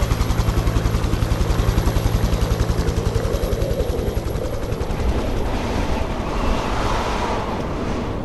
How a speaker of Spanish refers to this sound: ¡Y de repente un helicóptero viene a buscaros para llevaros de vuelta a Graceland!